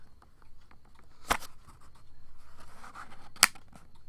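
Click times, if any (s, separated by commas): 3.4 s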